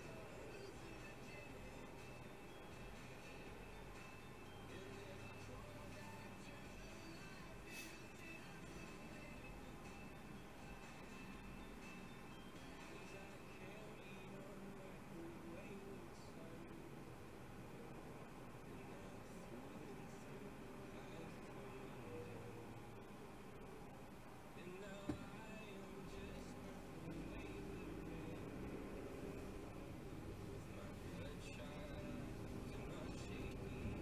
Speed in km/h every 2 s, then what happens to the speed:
0, 0, 0, 0, 0, 0, 0, 0, 0, 0, 0, 0, 0, 10, 18, 19, 24.
0-24 standing. 24-34 pulls away to 24.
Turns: none.